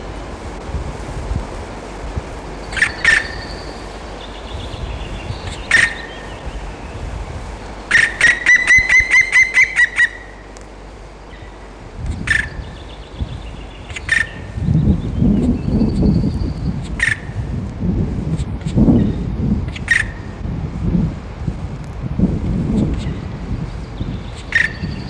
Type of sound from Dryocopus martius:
call